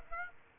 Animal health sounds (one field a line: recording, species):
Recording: mosquito wingbeat signal from an infrared sensor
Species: Aedes aegypti